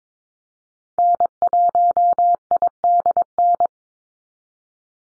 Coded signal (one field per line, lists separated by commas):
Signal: Morse code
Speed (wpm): 22 wpm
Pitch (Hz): 700 Hz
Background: none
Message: N1IDN